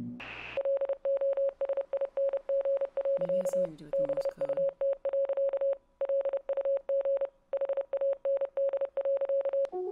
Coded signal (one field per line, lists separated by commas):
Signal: Morse code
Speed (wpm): 30 wpm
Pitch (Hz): 550 Hz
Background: speech, radio noise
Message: LOSING. BUT. LUG HAND.